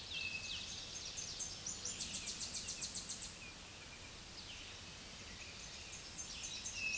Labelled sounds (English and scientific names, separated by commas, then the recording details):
Tennessee Warbler (Leiothlypis peregrina) song
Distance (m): 15 m
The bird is about level with the microphone
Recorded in a Pennsylvania forest on 16 May 2024 at 07:06
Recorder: AudioMoth, point MSD-0178
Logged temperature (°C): 15.3 °C
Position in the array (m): 70 m, 61 m